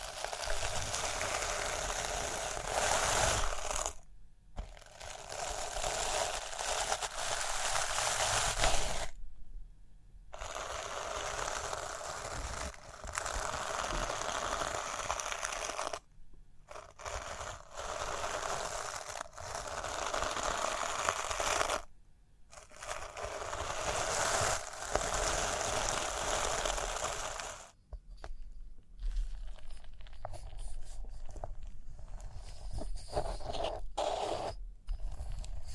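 Rhinestones being scratched and brushed in long, dense stretches of fine, bright grainy rasping, broken by short silences around 4, 9, 16 and 22 seconds. After about 28 seconds the sound turns choppier, with quicker bursts and taps separated by brief gaps.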